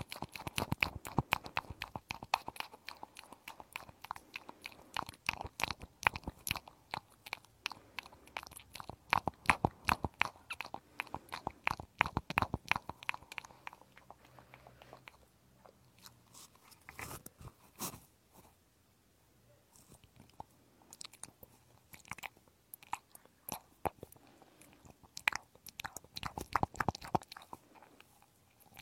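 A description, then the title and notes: Ear cleaning: dense crackly scratches and rustles flutter rapidly for thirteen seconds, thin to sparse clicks near fifteen to twenty, then pick up again. Penetrating flow ear cleaning.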